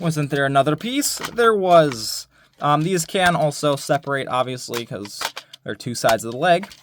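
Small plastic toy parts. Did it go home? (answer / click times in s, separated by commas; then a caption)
no / none. Someone talks while handling the two separated plastic halves of a transforming toy robot's leg, one half to be fitted into the matching half. Nothing has seated or clicked yet.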